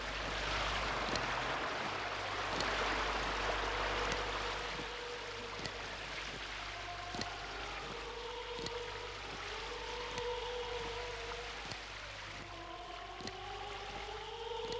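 Heavy rain pours down in a dense, steady hiss, with scattered sharp taps breaking through and faint sliding tones drifting above the downpour. No one speaks.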